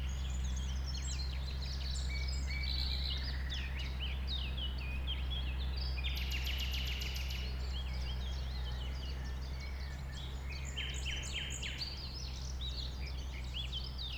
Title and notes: un rossignol venu avec quelques autres s'installer sur les rives d'un ruisseau formant un étang à 1500 mètres de l'A 20. Ces moments ont été enregistrés vers 8h le dimanche 12 avril.